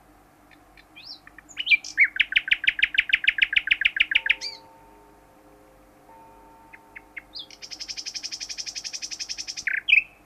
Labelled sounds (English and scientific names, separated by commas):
Common Nightingale (Luscinia megarhynchos) social call